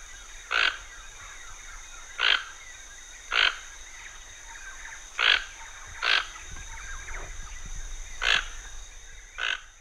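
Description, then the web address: Toucan giving short, hoarse croaks, several of them spaced irregularly, with a thin steady high hum behind. Recorded in the Pantanal. "sescpantanal. Tucano"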